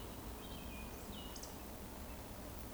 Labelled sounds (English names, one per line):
Eurasian Woodcock whistle